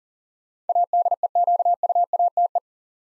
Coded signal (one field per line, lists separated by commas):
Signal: Morse code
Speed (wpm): 38 wpm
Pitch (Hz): 700 Hz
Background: none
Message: ADEQUATE